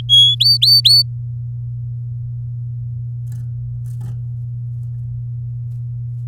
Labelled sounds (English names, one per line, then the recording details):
Domestic Canary song
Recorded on 9 May 2018 at 11:02
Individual llb16